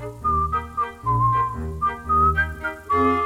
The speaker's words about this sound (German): Küken pfeift eine hübsche, fröhliche Melodie, während Ferkel neben ihm immer langsamer wird.